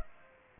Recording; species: mosquito wingbeat signal from an infrared sensor; Culex pipiens